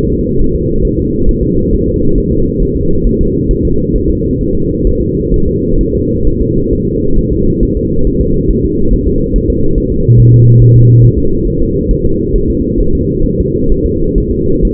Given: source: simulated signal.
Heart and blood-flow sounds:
fetal heart sounds
0.13 s: S2
0.41 s: S1
0.55 s: S2
0.85 s: S1
0.99 s: S2
1.29 s: S1
1.43 s: S2
1.73 s: S1
1.88 s: S2
2.18 s: S1
2.32 s: S2
2.62 s: S1
2.77 s: S2
3.07 s: S1
3.21 s: S2
3.51 s: S1
3.65 s: S2
3.96 s: S1
4.10 s: S2
4.41 s: S1
4.55 s: S2
4.87 s: S1
5.01 s: S2
5.34 s: S1
5.48 s: S2
5.81 s: S1
5.95 s: S2
6.27 s: S1
6.41 s: S2
6.73 s: S1
6.87 s: S2
7.18 s: S1
7.33 s: S2
7.63 s: S1
7.77 s: S2
8.07 s: S1
8.21 s: S2
8.51 s: S1
8.65 s: S2
8.93 s: S1
9.08 s: S2
9.36 s: S1
9.50 s: S2
9.78 s: S1
9.92 s: S2
10.20 s: S1
10.34 s: S2
10.62 s: S1
10.76 s: S2
11.04 s: S1
11.18 s: S2
11.47 s: S1
11.62 s: S2
11.91 s: S1
12.05 s: S2
12.36 s: S1
12.50 s: S2
12.80 s: S1
12.95 s: S2
13.26 s: S1
13.40 s: S2
13.72 s: S1
13.86 s: S2
14.18 s: S1
14.32 s: S2
14.65 s: S1
From the record:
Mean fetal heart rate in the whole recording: 135 bpm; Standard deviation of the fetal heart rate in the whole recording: 3 bpm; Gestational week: 36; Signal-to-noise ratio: -16.4 dB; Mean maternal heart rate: 72 bpm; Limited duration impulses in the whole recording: present

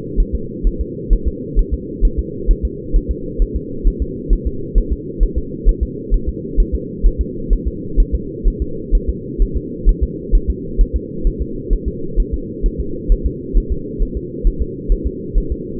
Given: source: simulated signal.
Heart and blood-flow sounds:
fetal heart sounds
0.20 s: S1
0.35 s: S2
0.67 s: S1
0.81 s: S2
1.13 s: S1
1.28 s: S2
1.59 s: S1
1.74 s: S2
2.05 s: S1
2.19 s: S2
2.51 s: S1
2.65 s: S2
2.96 s: S1
3.11 s: S2
3.42 s: S1
3.56 s: S2
3.88 s: S1
4.02 s: S2
4.33 s: S1
4.47 s: S2
4.78 s: S1
4.93 s: S2
5.23 s: S1
5.38 s: S2
5.69 s: S1
5.83 s: S2
6.14 s: S1
6.29 s: S2
6.60 s: S1
6.75 s: S2
7.06 s: S1
7.21 s: S2
7.53 s: S1
7.68 s: S2
8.00 s: S1
8.15 s: S2
8.47 s: S1
8.62 s: S2
8.95 s: S1
9.09 s: S2
9.42 s: S1
9.57 s: S2
9.89 s: S1
10.04 s: S2
10.35 s: S1
10.50 s: S2
10.81 s: S1
10.96 s: S2
11.27 s: S1
11.42 s: S2
11.73 s: S1
11.88 s: S2
12.20 s: S1
12.34 s: S2
12.66 s: S1
12.81 s: S2
13.12 s: S1
13.26 s: S2
13.58 s: S1
13.72 s: S2
14.02 s: S1
14.17 s: S2
14.47 s: S1
14.62 s: S2
14.92 s: S1
15.07 s: S2
15.38 s: S1
15.52 s: S2
From the record:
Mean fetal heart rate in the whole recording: 130 bpm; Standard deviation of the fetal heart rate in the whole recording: 2 bpm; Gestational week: 38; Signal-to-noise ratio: -4.3 dB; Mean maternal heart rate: 72 bpm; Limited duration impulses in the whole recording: absent

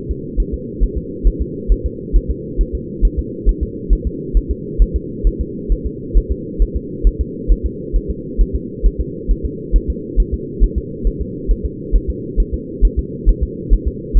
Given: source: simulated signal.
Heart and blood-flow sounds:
fetal heart sounds
0.11 s: S2
0.40 s: S1
0.54 s: S2
0.83 s: S1
0.98 s: S2
1.27 s: S1
1.41 s: S2
1.72 s: S1
1.86 s: S2
2.16 s: S1
2.31 s: S2
2.61 s: S1
2.75 s: S2
3.05 s: S1
3.19 s: S2
3.49 s: S1
3.63 s: S2
3.93 s: S1
4.07 s: S2
4.37 s: S1
4.51 s: S2
4.82 s: S1
4.96 s: S2
5.27 s: S1
5.41 s: S2
5.72 s: S1
5.87 s: S2
6.17 s: S1
6.32 s: S2
6.62 s: S1
6.76 s: S2
7.07 s: S1
7.21 s: S2
7.52 s: S1
7.66 s: S2
7.96 s: S1
8.10 s: S2
8.41 s: S1
8.56 s: S2
8.86 s: S1
9.00 s: S2
9.31 s: S1
9.45 s: S2
9.76 s: S1
9.90 s: S2
10.20 s: S1
10.34 s: S2
10.64 s: S1
10.78 s: S2
11.07 s: S1
11.22 s: S2
11.51 s: S1
11.65 s: S2
11.96 s: S1
12.10 s: S2
12.40 s: S1
12.54 s: S2
12.85 s: S1
12.99 s: S2
13.29 s: S1
13.43 s: S2
13.73 s: S1
13.88 s: S2
14.17 s: S1
From the record:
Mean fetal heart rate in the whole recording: 135 bpm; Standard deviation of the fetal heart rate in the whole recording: 3 bpm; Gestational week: 36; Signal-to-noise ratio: -4.1 dB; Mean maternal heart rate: no maternal heart sound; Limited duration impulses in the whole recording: absent

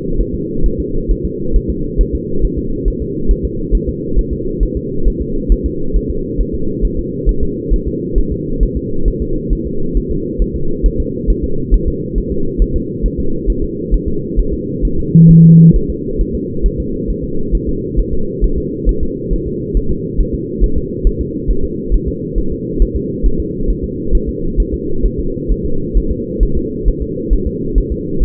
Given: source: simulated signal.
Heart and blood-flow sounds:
fetal heart sounds
0.21 s: S1
0.35 s: S2
0.66 s: S1
0.80 s: S2
1.11 s: S1
1.25 s: S2
1.56 s: S1
1.70 s: S2
2.01 s: S1
2.15 s: S2
2.45 s: S1
2.59 s: S2
2.88 s: S1
3.02 s: S2
3.31 s: S1
3.45 s: S2
3.75 s: S1
3.89 s: S2
4.19 s: S1
4.33 s: S2
4.63 s: S1
4.77 s: S2
5.08 s: S1
5.22 s: S2
5.52 s: S1
5.66 s: S2
5.96 s: S1
6.10 s: S2
6.41 s: S1
6.55 s: S2
6.85 s: S1
6.99 s: S2
7.29 s: S1
7.43 s: S2
7.73 s: S1
7.88 s: S2
8.18 s: S1
8.32 s: S2
8.63 s: S1
8.77 s: S2
9.08 s: S1
9.22 s: S2
9.53 s: S1
9.67 s: S2
9.97 s: S1
10.11 s: S2
10.42 s: S1
10.56 s: S2
10.86 s: S1
11.00 s: S2
11.30 s: S1
11.44 s: S2
11.74 s: S1
11.88 s: S2
12.18 s: S1
12.32 s: S2
12.62 s: S1
12.76 s: S2
13.06 s: S1
13.20 s: S2
13.50 s: S1
13.64 s: S2
13.94 s: S1
14.08 s: S2
14.39 s: S1
14.53 s: S2
14.85 s: S1
14.99 s: S2
15.31 s: S1
15.45 s: S2
15.76 s: S1
15.90 s: S2
16.21 s: S1
16.35 s: S2
16.66 s: S1
16.80 s: S2
17.10 s: S1
17.24 s: S2
17.55 s: S1
17.69 s: S2
17.99 s: S1
18.13 s: S2
18.44 s: S1
18.58 s: S2
18.89 s: S1
19.03 s: S2
19.33 s: S1
19.47 s: S2
19.77 s: S1
19.91 s: S2
20.21 s: S1
20.35 s: S2
20.64 s: S1
20.78 s: S2
21.07 s: S1
21.21 s: S2
21.51 s: S1
21.65 s: S2
21.94 s: S1
22.08 s: S2
22.38 s: S1
22.52 s: S2
22.82 s: S1
22.96 s: S2
23.26 s: S1
23.40 s: S2
23.70 s: S1
23.84 s: S2
24.15 s: S1
24.29 s: S2
24.60 s: S1
24.74 s: S2
25.06 s: S1
25.20 s: S2
25.52 s: S1
25.66 s: S2
25.98 s: S1
26.12 s: S2
26.43 s: S1
26.57 s: S2
26.88 s: S1
27.02 s: S2
27.33 s: S1
27.47 s: S2
27.78 s: S1
27.92 s: S2
28.23 s: S1
From the record:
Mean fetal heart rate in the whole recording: 135 bpm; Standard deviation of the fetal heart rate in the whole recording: 3 bpm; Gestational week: 36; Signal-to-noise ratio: -8.1 dB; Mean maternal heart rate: 72 bpm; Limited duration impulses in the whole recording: present

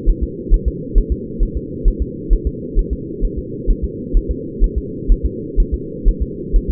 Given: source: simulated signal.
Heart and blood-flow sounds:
fetal heart sounds
0.09 s: S1
0.23 s: S2
0.54 s: S1
0.68 s: S2
0.98 s: S1
1.12 s: S2
1.43 s: S1
1.57 s: S2
1.88 s: S1
2.02 s: S2
2.33 s: S1
2.47 s: S2
2.79 s: S1
2.93 s: S2
3.25 s: S1
3.39 s: S2
3.71 s: S1
3.84 s: S2
4.17 s: S1
4.31 s: S2
4.64 s: S1
4.78 s: S2
5.12 s: S1
5.26 s: S2
5.60 s: S1
5.74 s: S2
6.09 s: S1
6.22 s: S2
6.56 s: S1
6.70 s: S2
From the record:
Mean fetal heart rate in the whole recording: 130 bpm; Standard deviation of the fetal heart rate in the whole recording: 4 bpm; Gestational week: 38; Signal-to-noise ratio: -4.1 dB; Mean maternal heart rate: no maternal heart sound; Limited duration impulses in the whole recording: absent

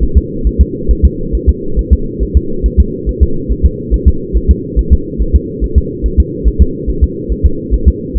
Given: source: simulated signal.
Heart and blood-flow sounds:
fetal heart sounds
0.03 s: S1
0.17 s: S2
0.47 s: S1
0.61 s: S2
0.91 s: S1
1.05 s: S2
1.35 s: S1
1.49 s: S2
1.79 s: S1
1.93 s: S2
2.23 s: S1
2.37 s: S2
2.66 s: S1
2.80 s: S2
3.09 s: S1
3.23 s: S2
3.51 s: S1
3.66 s: S2
3.94 s: S1
4.08 s: S2
4.37 s: S1
4.51 s: S2
4.79 s: S1
4.93 s: S2
5.22 s: S1
5.36 s: S2
5.64 s: S1
5.78 s: S2
6.06 s: S1
6.20 s: S2
6.48 s: S1
6.62 s: S2
6.89 s: S1
7.04 s: S2
7.32 s: S1
7.46 s: S2
7.74 s: S1
7.88 s: S2
8.17 s: S1
From the record:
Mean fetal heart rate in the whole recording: 140 bpm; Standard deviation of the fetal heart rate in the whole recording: 2 bpm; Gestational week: 34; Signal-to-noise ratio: -8.1 dB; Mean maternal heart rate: 72 bpm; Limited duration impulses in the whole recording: present

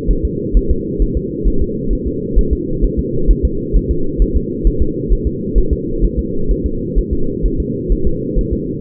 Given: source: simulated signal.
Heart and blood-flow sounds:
fetal heart sounds
0.11 s: S1
0.25 s: S2
0.57 s: S1
0.71 s: S2
1.02 s: S1
1.17 s: S2
1.47 s: S1
1.62 s: S2
1.93 s: S1
2.07 s: S2
2.38 s: S1
2.53 s: S2
2.84 s: S1
2.99 s: S2
3.31 s: S1
3.45 s: S2
3.76 s: S1
3.91 s: S2
4.22 s: S1
4.36 s: S2
4.67 s: S1
4.82 s: S2
5.12 s: S1
5.27 s: S2
5.58 s: S1
5.73 s: S2
6.04 s: S1
6.19 s: S2
6.51 s: S1
6.66 s: S2
6.98 s: S1
7.13 s: S2
7.45 s: S1
7.60 s: S2
7.92 s: S1
8.07 s: S2
8.39 s: S1
8.53 s: S2
From the record:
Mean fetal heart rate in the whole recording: 130 bpm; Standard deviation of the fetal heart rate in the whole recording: 2 bpm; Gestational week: 36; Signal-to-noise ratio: -8.1 dB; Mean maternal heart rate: 72 bpm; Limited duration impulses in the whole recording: absent

